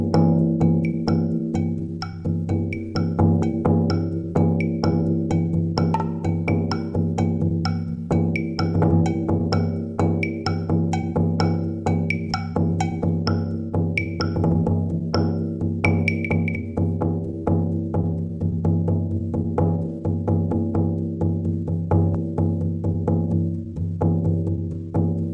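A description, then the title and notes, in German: A shaman drum is beaten in a fast, steady pulse, each stroke a sharp tap over a deep, ringing hum that sustains throughout. The bright edge of the strikes softens after about seventeen seconds while the low resonance continues, full. Meine neue Shamanen Trommel. Nächtliche Aufnahme neben dem Küchenschrank.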